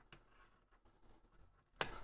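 A lock on a 3D printer's wheeled stand is checked, found unlocked, and worked by hand, with faint handling noise and a small tick near 0.1 s. A sharp, loud click at 1.8 s marks the lock snapping into its locked position.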